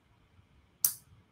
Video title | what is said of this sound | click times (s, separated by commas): Best Tactical & Survival Gear November 2021 - BattlBox Mission 81 | and then it locks into place | 0.8 s